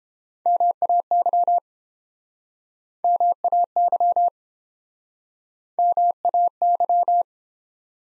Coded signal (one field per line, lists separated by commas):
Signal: Morse code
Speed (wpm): 28 wpm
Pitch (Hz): 700 Hz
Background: none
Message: MAY MAY MAY